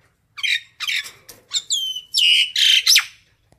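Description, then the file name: Common myna uttering a quick string of harsh, rasping calls mixed with a clear falling whistle. Calling to gather its flock. "Tieng sao nau goi bay"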